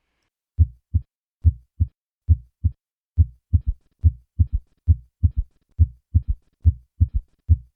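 Simulated adult heart sounds with an Austin Flint murmur of aortic regurgitation: a rumbling diastolic murmur, heard best at the apex and introduced by a third heart sound rather than an opening snap, with a normal or diminished first heart sound. Normal heart sounds come first, then a third heart sound is added, then the diastolic murmur.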